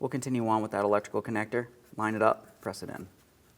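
A man talks while the plastic electrical connector for the exhaust variable valve timing solenoid on a 2015-2025 Ford Transit 250 3.7L V6 is lined up and pressed toward its mating socket on the intake, near the purge valve. The clip ends before the connector goes home, so nothing has seated or clicked yet.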